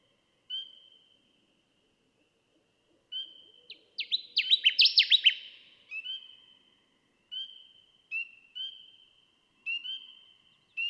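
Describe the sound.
Connecticut warbler with one bright, rollicking burst of repeated notes lasting about a second, set among scattered soft high whistles and ticks.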